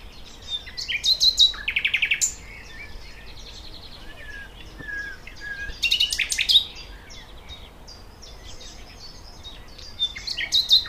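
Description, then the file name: Thrush nightingale song, three phrases of buzzy clicks and sharp repeated notes separated by faint whistles. "Sprosser"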